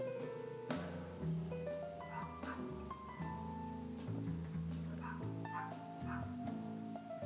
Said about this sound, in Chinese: 但是我还是要讲一下，因为这个狗实在是叫得我非常分心，就是我短短的这五分钟我大概已经重录了三四次吧，因为真的实在是叫不停耶，真的。大家有听到吗？